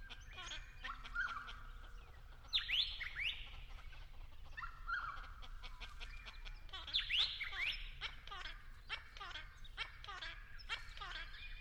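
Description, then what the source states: Friarbird calling, two loud raucous scratchy outbursts several seconds apart, with quieter harsh notes and clicks between them. In an Angophora tree.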